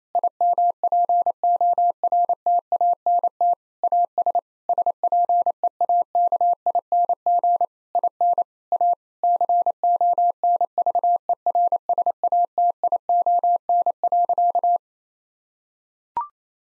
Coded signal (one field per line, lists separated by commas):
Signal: Morse code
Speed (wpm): 28 wpm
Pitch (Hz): 700 Hz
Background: none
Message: IMPORTANT AS SPEAKING IN A CONVERSATION.